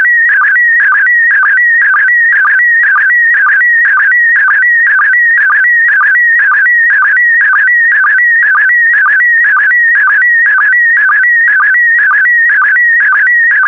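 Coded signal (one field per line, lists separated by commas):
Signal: SSTV (slow-scan television)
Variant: PD120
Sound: warbling electronic tone sliding around steadily, with a short low blip twice per second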